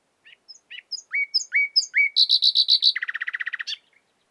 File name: Luscinia megarhynchos